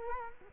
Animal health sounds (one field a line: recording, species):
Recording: mosquito wingbeat signal from an infrared sensor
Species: Culex quinquefasciatus